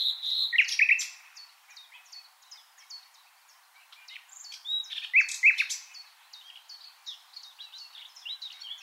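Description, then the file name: Common nightingale song in two loud, varied phrases with sharp slurred notes several seconds apart, amid continuous soft chirps of other birds. "Luscinia megarhynchos"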